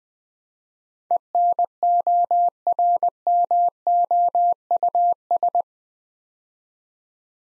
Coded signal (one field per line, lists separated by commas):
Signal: Morse code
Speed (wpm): 20 wpm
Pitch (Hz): 700 Hz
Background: none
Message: ENORMOUS